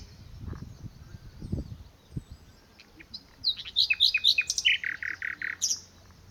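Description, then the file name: Common nightingale song: low thumps and rustle early, then from about 3.5 seconds a rapid burst of sharp high notes and repeated clicking chirps lasting around two seconds. "Nachtigall"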